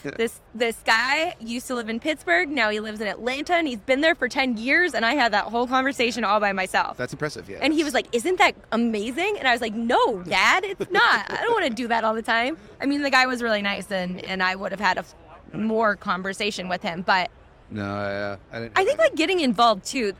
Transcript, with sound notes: This- this guy used to live in Pittsburgh, now he lives in Atlanta, and he's been there for 10 years, and I had that whole conversation all by myself."
That's impressive, yeah.
And he was like, "Isn't that amazing?" And I was like, "No, Dad. [laughs] It's not. I don't wanna do that all the time." I mean, the guy was really nice, and- and I would've had of more conversation with him, but --
No, I- I didn't --
I think, like, getting involved too.